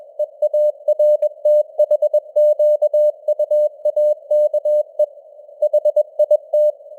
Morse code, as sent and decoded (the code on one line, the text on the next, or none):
. .- .-. - .... --.- ..- .- -.- . / .... .. -
EARTHQUAKE HIT